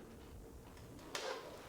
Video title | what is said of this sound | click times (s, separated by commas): Custom Dynamics LED ProBEAM® Fillerz Lights for Harley Touring-Review & Install | he's just applying pressure around this thing and there are little tabs on there you can hear it literally just clicks into place | 1.1 s